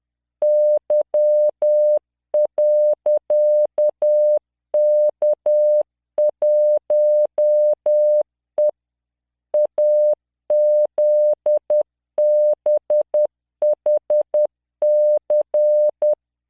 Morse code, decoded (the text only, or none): Y.K1E AZBHC